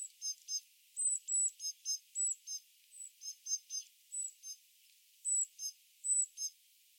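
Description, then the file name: Great tit calls: very high, thin whistled notes mixed with short clipped chirps, given in quick irregular bursts, many notes in all. "Parus major"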